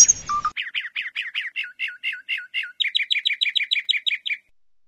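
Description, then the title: Asian pied starling song: a brief harsh burst, then a long string of chirpy, twanging notes that become sharper and quicker toward the end. "Jalak Suren"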